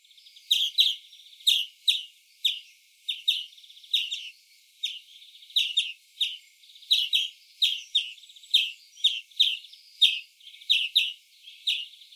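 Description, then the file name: European greenfinch giving many short chirping notes in a steady series, some in quick clusters, with faint trilling between them. "Chloris chloris"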